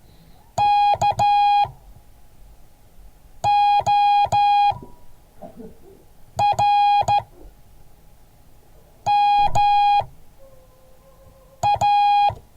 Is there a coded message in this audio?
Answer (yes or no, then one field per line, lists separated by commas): yes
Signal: Morse code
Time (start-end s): 0.6-12.3 s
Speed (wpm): 14 wpm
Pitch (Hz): 820 Hz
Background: none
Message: KORMA